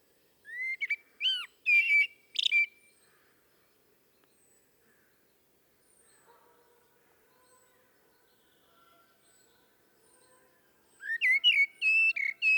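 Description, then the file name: Common blackbird song: a short fluted phrase ending in high twitters, a long pause with faint sounds, then another fluting phrase. "Turdus merula"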